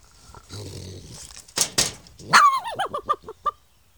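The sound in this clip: Raccoon gives a soft low growl, two sharp noisy bursts, then a quick run of about six descending chittering yelps, each falling in pitch.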